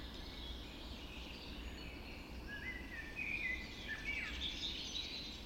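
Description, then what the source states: Dawn chorus birds, several high whistled and twittering phrases overlapping, with sharp rising and falling notes in the second half, over a steady low rumble. Dawn chorus recorded just after dawn in the Forest of Dean.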